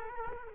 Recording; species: mosquito wingbeat signal from an infrared sensor; Culex quinquefasciatus